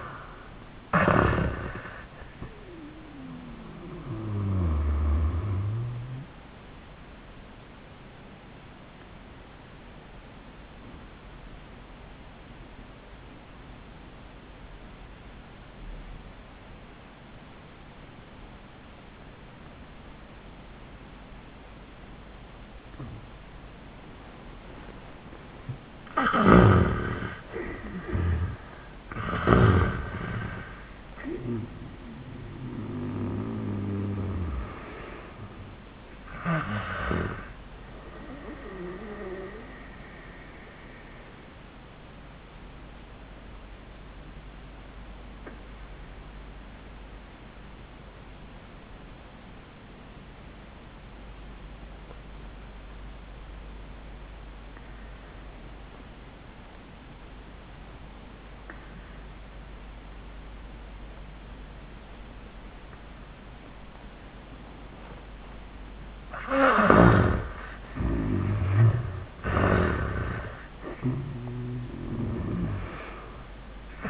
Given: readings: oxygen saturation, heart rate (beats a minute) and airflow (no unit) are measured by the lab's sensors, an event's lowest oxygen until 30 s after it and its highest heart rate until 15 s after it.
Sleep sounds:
breathing in sleep by a voice recorder at the bedside; 2
10.00-26.60 s: obstructive apnea (REM, oxygen 92% highest, then 71% lowest, heart rate 75 at the start, 98 highest)
19.00-74.10 s: new sleep stage, N1 (lightest sleep)
42.00-65.40 s: obstructive apnea (N1, oxygen 97% highest, then 69% lowest, heart rate 89 at the start, 93 highest)
From the record:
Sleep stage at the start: REM sleep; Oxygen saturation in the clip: 62 to 97%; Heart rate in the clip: 68 to 98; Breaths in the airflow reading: 5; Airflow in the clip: -25.0 to 12.1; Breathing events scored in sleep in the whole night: 400 in 8.7 hours asleep

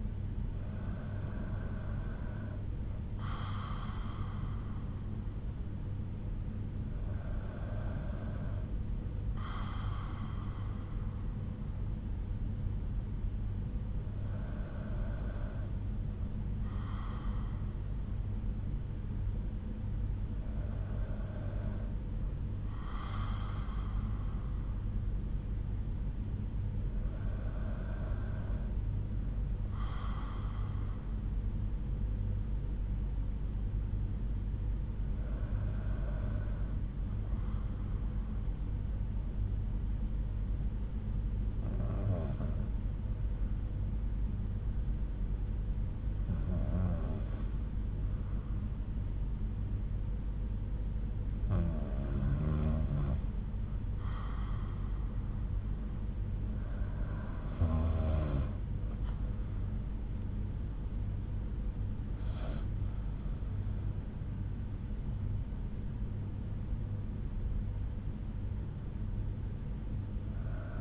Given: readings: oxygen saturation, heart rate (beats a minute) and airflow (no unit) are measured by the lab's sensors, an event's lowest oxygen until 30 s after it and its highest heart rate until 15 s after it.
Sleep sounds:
breathing in sleep by a smartphone at the bedside; 1
37.00-61.60 s: hypopnea (N2, oxygen 94% highest, then 91% lowest)
51.00-70.81 s: new sleep stage, N1 (lightest sleep)
From the record:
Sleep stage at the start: N2 (light sleep); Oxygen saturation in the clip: 91 to 94%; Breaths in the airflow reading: 11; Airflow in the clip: -10.5 to 11.7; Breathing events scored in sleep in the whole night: 368 in 8.0 hours asleep

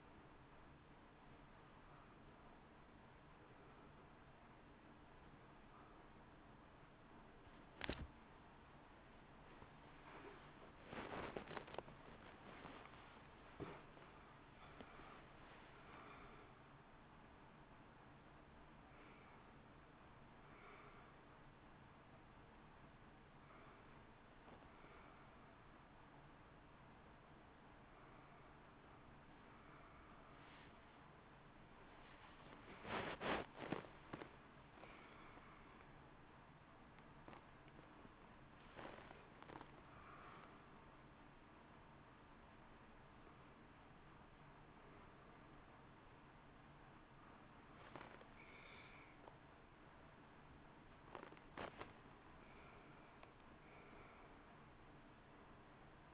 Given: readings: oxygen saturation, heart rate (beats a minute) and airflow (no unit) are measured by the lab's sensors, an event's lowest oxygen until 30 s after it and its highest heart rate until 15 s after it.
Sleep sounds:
a person awake in a sleep study, by a voice recorder at the bedside; 1
10.00-56.14 s: new sleep stage, awake
11.00-56.14 s: awake
24.00-51.40 s: hypopnea (scored as awake, oxygen 94% highest, then 91% lowest)
From the record:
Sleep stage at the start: N1 (lightest sleep); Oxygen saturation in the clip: 92 to 94%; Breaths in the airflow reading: 16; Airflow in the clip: -1.5 to 3.4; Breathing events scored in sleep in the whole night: 328 in 6.3 hours asleep

